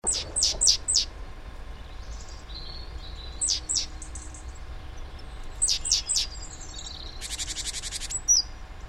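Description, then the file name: Great tit calls: sharp high chirps in short quick groups, a short buzzy burst near the end, over steady low background noise. "Parus major"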